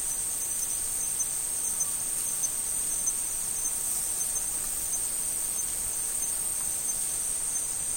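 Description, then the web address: Insects producing a constant high-pitched shrill drone, steady throughout with no breaks. Tropical forest insects. "Tom Hutchings Insects Tropical"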